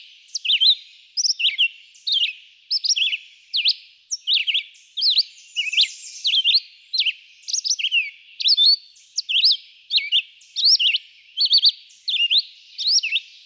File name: Red-eyed Vireo